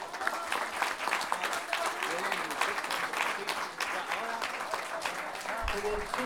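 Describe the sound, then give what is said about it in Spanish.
An audience at the final of a payadores (improvised verse singers) tournament claps steadily for several seconds, a dense, crackling wash of many hands with faint voices mixed in, holding a fairly even loudness throughout. “Así que un aplauso por todo eso.”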